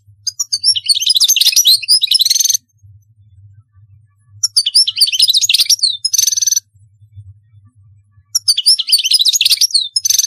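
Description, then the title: European goldfinch song: three long, varied bursts of sweet twitters mixed with buzzy trills, each about two seconds long, separated by short pauses. "Chant Chardonneret"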